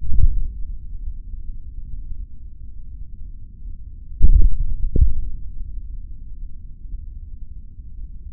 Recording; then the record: forearm muscle sounds (acoustic myography)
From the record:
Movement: tripod grip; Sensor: system 3, bracelet of six PUI Audio POM-2738L microphones around the upper forearm, with dedicated amplification and filtering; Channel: 1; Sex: male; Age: 26 years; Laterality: right